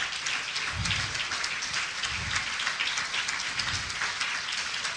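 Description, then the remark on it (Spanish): An audience claps steadily for Christ during a church sermon in a dense, unbroken wash of applause, joined by a few low thumps along the way, with no voices rising above it. “Vamos a darle un aplauso a Cristo en lo que cambian eso allá.”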